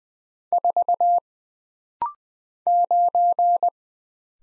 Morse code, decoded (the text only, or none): 4 9